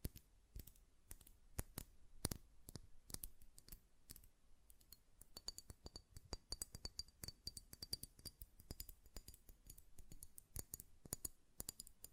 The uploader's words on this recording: ASMR Glass Perfume Bottle Tapping & Lid Sounds (No Talking).